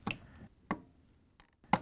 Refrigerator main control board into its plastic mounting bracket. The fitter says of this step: Once you have it in place, you can push it down and snap it into place.